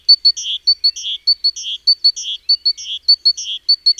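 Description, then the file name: Great tit call: pairs of thin high whistled notes each followed by a harsh buzzy churr, repeated in a steady rapid series throughout. "Parus major"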